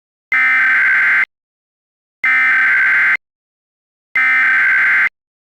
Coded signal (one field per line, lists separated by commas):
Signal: Emergency Alert System (SAME) tones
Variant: header bursts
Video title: EAS Short | MD RMT.